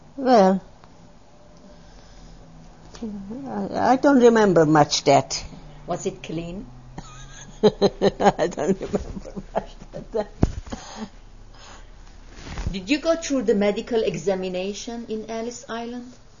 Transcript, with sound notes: Well, I don't remember much that.
Was it clean?
( she laughs ) I don't remember much that.
Did you go through the medical examination in Ellis Island?